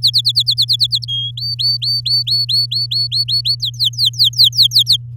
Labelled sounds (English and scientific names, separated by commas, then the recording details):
Domestic Canary (Serinus canaria) song
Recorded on 10 May 2018 at 05:51
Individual llb16